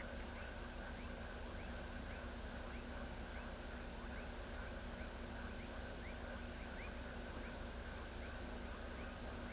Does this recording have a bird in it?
no